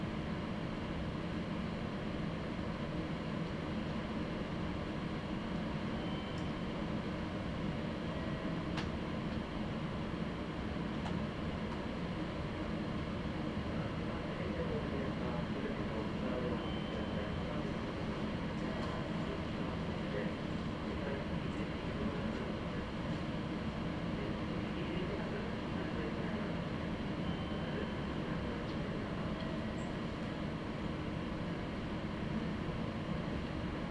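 Interior sound of a Meitetsu Nishio Line train traveling between stations, a steady low rumble and roar that stays constant throughout. Faint high squeals and brief clicks surface now and then, around six, nine, eighteen and thirty seconds, over the unbroken running noise.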